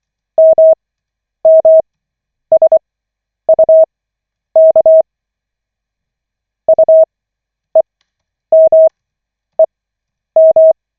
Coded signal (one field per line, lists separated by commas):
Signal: Morse code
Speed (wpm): 24 wpm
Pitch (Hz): 640 Hz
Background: none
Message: MMSUK UEMEM